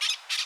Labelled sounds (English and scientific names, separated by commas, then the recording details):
Brown-throated Parakeet (Eupsittula pertinax) contact call
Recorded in Curacao
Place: along powerline, near entrance of Santa Barbara resort
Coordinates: 12.068, -68.844